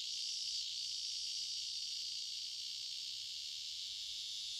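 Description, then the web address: Scissor-grinder cicada song, a steady high hissing buzz, fairly quiet throughout. North America. "Songs of Insects. Scissor-grinder Cicada"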